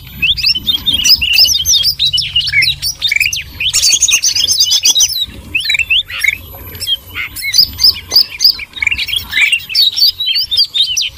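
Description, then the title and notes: Birds chattering in a lively flock, quick high chirps in clustered bursts, a brief thin high trill near the middle. Noisy bird sounds used as a lure (pikat) to attract birds. "Master Burung Ribut. Burung Ribut Pikat"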